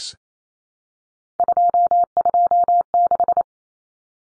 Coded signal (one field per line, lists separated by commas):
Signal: Morse code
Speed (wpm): 28 wpm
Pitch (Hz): 700 Hz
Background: none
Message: 226